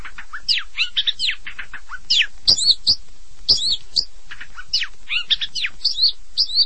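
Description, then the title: Long-tailed shrike song: quick bursts of sharp, high chirps and downslurred notes, broken by brief gaps, with a scratchy, varied quality throughout. "Kicau Burung Pentet"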